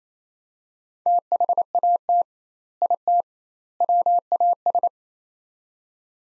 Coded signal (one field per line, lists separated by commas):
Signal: Morse code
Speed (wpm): 28 wpm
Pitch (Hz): 700 Hz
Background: none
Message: THAT IT WAS